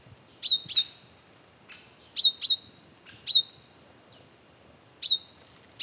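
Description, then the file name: Great tit calling in sharp doubled notes, paired chinks repeated several times, with faint thin high notes between them and a quiet background. "Parus major"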